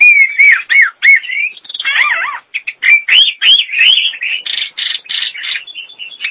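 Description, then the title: Nias hill myna song: loud looping whistles and warbled phrases, breaking into a run of harsh, buzzy repeated notes near the end. "Jalak Nias"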